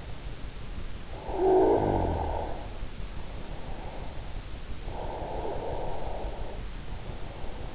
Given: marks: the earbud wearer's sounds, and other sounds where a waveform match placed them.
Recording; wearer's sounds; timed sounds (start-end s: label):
sounds in sleep by an in-ear microphone; snoring breath
1.01-3.70 s: snoring breath
4.90-7.74 s: snoring breath